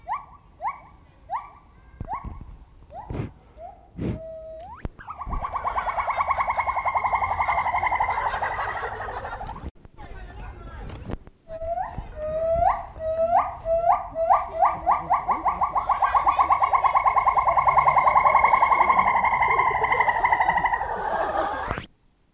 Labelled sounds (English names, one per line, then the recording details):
Silvery Javan Gibbon
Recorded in captivity
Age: adult
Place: Zoo Rostock, Mecklenburg-Vorpommern, DE
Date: 1972-10-11
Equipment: Uher 4200 Report Monitor, Verstärker, Sennheiser MD 421
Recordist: Tembrock, Günter